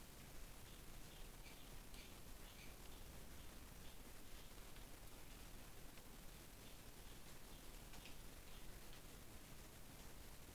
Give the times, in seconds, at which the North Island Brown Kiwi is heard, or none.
none